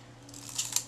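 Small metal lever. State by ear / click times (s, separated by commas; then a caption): released / 0.6 s, 0.8 s. The metal film release lever in the film advance mechanism of a repaired Kodak Retina IIIC folding camera is worked through its travel while the film advance release is being adjusted. After a few faint ticks, a slight click sounds at 0.6 s and a heavier, sharper click follows at 0.8 s, before the shutter fires. The lever releases.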